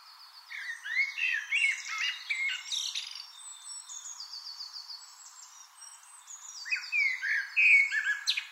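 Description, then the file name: Eurasian blackbird song: dense squeaky, twittering phrases with rising and falling whistled notes, a quieter stretch midway, then louder strophes near the end. "Turdus merula"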